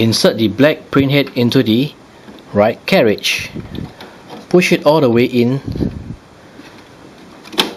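Someone talks while a black printhead is inserted into the right carriage of an HP Ink Tank 110/115/118 printer and pushed all the way in. It snaps into place with a sharp click at 7.6 s, seating the printhead.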